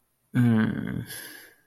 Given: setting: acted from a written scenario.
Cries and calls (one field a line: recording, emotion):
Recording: vocal sound without words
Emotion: embarrassment